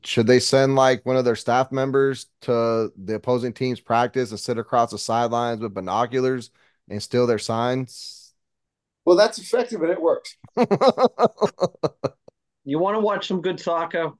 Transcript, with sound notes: Should they send like one of their staff members to the opposing teams practice and sit across the sidelines with binoculars and steal their signs? - Well, that's effective and it works. (laughing) - You want to watch some good soccer?